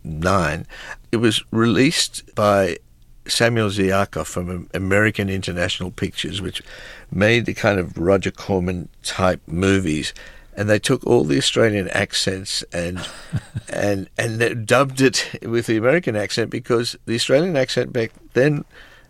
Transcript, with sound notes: 1979, it was released by Samuel Z. Arkoff from American International Pictures, which made the kind of Roger Corman-type movies. And they took all the Australian accents...
(Laughter).
And then dubbed it with the American accent because the Australian accent, back then,